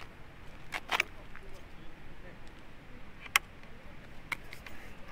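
Someone pulls up the safety clip on an electric scooter and pulls the stem forward to fold it. A few light clicks and rattles come first, then the folding latch locks into place with one loud, sharp click at 3.4 s.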